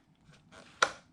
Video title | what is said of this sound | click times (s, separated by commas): GreenWorks 40V weedeater Review | and I'll click back in it's a push here and it turns you turn it until it clicks | 0.8 s